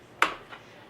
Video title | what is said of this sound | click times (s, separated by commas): Sno Joe iON18SB Cordless SnowBlower REVIEW | pull the battery out again you want to then put it in make a little click this | 0.2 s